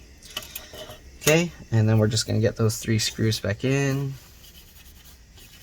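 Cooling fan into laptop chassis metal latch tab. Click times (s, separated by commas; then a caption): 0.4 s, 0.6 s. A cooling fan is dropped into a Lenovo ThinkPad X1 Extreme laptop chassis, where a bent-back metal tab latches over the top of it. Sharp clicks at 0.4 s and 0.6 s mark the fan seating in the latch. Someone then talks.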